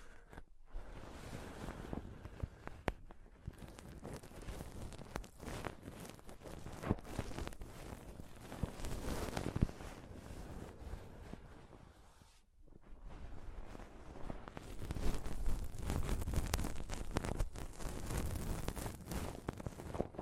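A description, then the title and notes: Close-up mic scratching and touching fills the recording with dense, rough rubbing and crackling that stays loud and low-heavy throughout. Sharp clicks and taps punctuate it, with brief near-silent pauses around one second and again near twelve seconds, before the scratching grows heavier. ASMR Intense Mic Scratching & Touching Close-Up Mic Sounds (No Talking).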